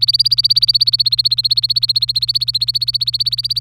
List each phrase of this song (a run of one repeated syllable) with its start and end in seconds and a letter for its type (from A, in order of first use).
0.00-3.60 A